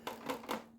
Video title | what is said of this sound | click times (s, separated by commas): Vax Air Lift 2 Pet Review: Unboxing, Assembly & Versatility Test (Twin Brush) | here and it clicks | 0.1 s